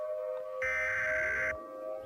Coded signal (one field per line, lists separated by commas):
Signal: Emergency Alert System (SAME) tones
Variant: header bursts